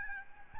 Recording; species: mosquito wingbeat signal from an infrared sensor; Aedes albopictus